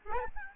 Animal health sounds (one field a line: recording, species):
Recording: mosquito wingbeat signal from an infrared sensor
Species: Aedes albopictus